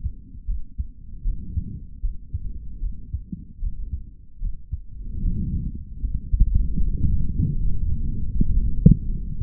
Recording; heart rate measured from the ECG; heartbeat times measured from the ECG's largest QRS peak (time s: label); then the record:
heart sounds by stethoscope; 77 bpm
0.46 s: heartbeat
1.23 s: heartbeat
2.01 s: heartbeat
2.79 s: heartbeat
3.59 s: heartbeat
4.39 s: heartbeat
5.20 s: heartbeat
6.00 s: heartbeat
6.80 s: heartbeat
7.57 s: heartbeat
8.32 s: heartbeat
9.07 s: heartbeat
From the record:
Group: healthy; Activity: rest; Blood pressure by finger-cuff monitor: 122/97 mmHg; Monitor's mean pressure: 106 mmHg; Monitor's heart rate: 77 bpm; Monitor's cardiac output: 3.3 L/min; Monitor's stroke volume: 43 mL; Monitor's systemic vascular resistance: 2370 dyn s/cm5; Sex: male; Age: 55 years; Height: 167 cm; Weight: 57.2 kg